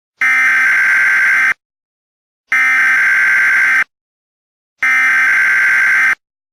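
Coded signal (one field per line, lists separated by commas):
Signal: Emergency Alert System (SAME) tones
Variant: header bursts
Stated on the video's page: Fictional EAS scenario, a simulated alert rather than a real one.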